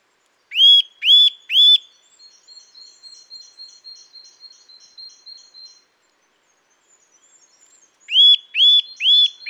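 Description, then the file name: Eurasian nuthatch calling: three loud ringing whistles, then a softer rapid string of short high notes for several seconds, then three more loud whistles. "Sitta europaea"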